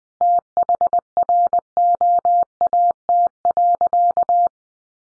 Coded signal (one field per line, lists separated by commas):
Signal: Morse code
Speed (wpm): 20 wpm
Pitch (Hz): 700 Hz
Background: none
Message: THROAT.